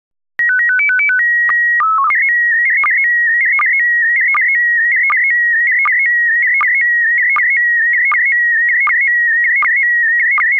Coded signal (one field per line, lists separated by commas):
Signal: SSTV (slow-scan television)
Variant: PD 180